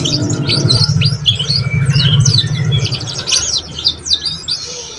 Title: Canto Para Esquentar Canário Belga. SUARA KENARI PAUD CUIT CUIT BELAJAR BUNYI - pancingan kenari paud muda agar cepat bunyi dan ngeriwik